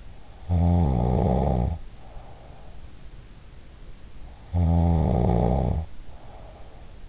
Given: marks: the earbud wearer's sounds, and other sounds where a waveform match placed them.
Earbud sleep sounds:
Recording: sounds in sleep by an in-ear microphone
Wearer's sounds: snoring breath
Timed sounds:
0.44-3.25 s: snoring breath
4.37-7.09 s: snoring breath

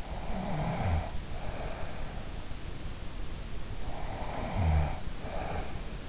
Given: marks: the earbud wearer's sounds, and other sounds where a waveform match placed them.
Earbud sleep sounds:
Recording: sounds in sleep by an in-ear microphone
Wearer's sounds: snoring breath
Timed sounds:
0.12-2.08 s: snoring breath
3.90-6.09 s: snoring breath

